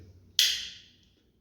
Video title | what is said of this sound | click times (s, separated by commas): Ikea Easy Lower Base Cabinets | you just clip it in. You're going to hear a click. | 0.4 s